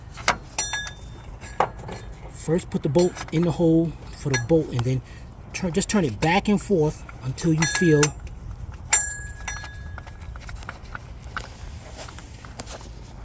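A bolt goes through a replacement metal serpentine belt tensioner on a Nissan Cube, Sentra or Versa engine and is rocked back and forth against the engine mounting bracket to find its locating point. Someone talks over sharp metallic clinks and taps. Nothing has seated or clicked into place yet.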